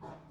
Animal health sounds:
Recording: pig call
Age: growing-finishing pig (85 days or more)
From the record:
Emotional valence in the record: positive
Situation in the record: run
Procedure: transit

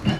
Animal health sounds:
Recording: pig call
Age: growing-finishing pig (85 days or more)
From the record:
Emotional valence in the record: positive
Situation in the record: run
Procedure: transit

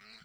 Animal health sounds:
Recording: pig call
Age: piglet (1 to 25 days)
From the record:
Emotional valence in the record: positive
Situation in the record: reunion after long isolation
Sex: female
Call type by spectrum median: high-frequency call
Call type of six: low-frequency tonal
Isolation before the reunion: 8 minutes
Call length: 0.25 s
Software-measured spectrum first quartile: 1573 Hz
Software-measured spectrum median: 2810 Hz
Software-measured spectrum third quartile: 4294 Hz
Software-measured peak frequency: 3991 Hz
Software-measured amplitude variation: 64 dB a second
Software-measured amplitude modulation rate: 16.1 a second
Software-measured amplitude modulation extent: 4.0 dB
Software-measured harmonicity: 0.7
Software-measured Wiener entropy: -1.18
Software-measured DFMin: 705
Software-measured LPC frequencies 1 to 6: 1398, 2168, 4002, 4321, 7513, 8834 Hz

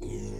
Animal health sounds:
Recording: pig call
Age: weaner (32 to 43 days)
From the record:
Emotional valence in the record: positive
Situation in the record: positive conditioning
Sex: female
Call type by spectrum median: low-frequency call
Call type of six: low-frequency stable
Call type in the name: low-frequency stable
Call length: 0.40 s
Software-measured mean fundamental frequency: 43 Hz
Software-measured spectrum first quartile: 79 Hz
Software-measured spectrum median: 254 Hz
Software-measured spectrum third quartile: 583 Hz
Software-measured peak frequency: 351 Hz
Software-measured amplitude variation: 106 dB a second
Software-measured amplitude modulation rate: 42.6 a second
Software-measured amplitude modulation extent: 2.5 dB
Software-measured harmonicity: 6.3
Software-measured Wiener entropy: -0.40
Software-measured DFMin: 1036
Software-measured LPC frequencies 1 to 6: 356, 2132, 2645, 3353, 4220, 5807 Hz

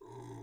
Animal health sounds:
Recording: pig call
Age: weaner (32 to 43 days)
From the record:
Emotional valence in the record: negative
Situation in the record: restrain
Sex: male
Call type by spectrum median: low-frequency call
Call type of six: low-frequency stable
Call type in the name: low-frequency stable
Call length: 0.42 s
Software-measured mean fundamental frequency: 55 Hz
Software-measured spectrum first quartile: 200 Hz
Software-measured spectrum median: 388 Hz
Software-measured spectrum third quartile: 894 Hz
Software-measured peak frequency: 379 Hz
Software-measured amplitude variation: 89 dB a second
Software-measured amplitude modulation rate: 34.3 a second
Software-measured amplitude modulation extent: 2.6 dB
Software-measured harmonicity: -0.6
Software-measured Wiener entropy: -0.62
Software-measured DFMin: 515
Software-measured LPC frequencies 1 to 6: 357, 926, 1872, 3441, 3884, 5019 Hz

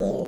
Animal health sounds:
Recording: pig call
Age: piglet (1 to 25 days)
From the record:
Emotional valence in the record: negative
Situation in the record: long isolation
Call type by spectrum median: low-frequency call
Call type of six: low-frequency stable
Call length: 0.28 s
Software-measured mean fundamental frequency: 62 Hz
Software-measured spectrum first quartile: 233 Hz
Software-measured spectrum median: 426 Hz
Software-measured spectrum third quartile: 569 Hz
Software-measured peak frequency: 519 Hz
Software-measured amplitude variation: 104 dB a second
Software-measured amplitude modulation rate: 23.3 a second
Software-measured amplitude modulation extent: 4.5 dB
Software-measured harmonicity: 2.7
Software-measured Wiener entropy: -0.58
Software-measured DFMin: 1892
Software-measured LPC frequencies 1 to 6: 554, 3792, 4820, 6132, 6682, 7533 Hz

